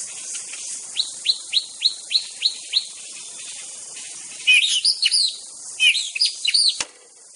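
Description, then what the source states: White-rumped shama song: a run of several repeated whistled notes, then a burst of louder, richer, varied phrases, over a steady high insect hiss. Wild bird from the forest.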